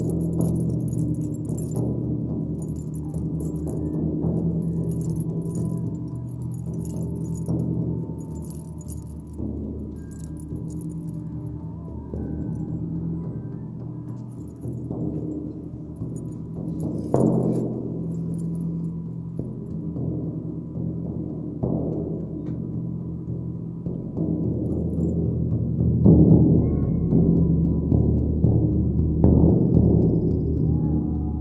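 Metal jingles and rattles, like bracelets or chimes being shaken, run through nearly the whole clip over a steady low drone. The sound is dense and fairly constant, with a thump near the 17-second mark and a louder, busier stretch after about 25 seconds.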